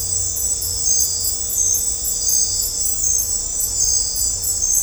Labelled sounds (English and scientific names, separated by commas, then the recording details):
none
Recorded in dense forest near Puerto Asís, Putumayo, Colombia, on 16 December 2024 at 02:00
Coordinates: 0.503, -76.323
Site G043